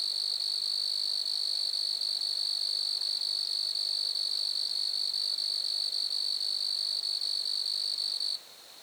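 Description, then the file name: Grasshopper stridulation, a steady high buzzing trill with fast pulses, running continuously and then stopping abruptly just before the end. Lac-à-François, Montcerf-Lytton, Quebec, Canada. "criquets-grasshoppers- -lac-acc 80-franccca 7 ois-montcerf-lytton-quecc 81 bec-canada"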